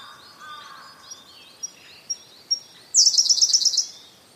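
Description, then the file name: Siberian blue robin song: a few spaced soft notes, then a loud, sharp trill of rapid pulses. "koruri"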